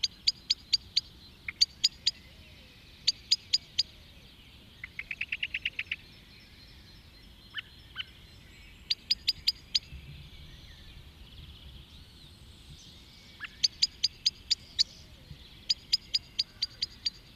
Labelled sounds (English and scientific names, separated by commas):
Common Blackbird (Turdus merula) call